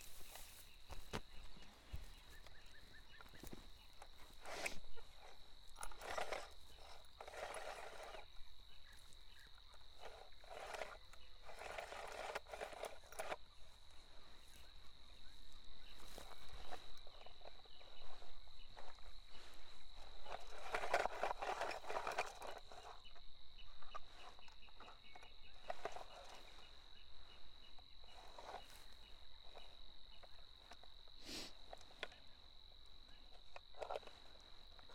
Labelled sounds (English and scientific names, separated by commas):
Water Rail (Rallus aquaticus) song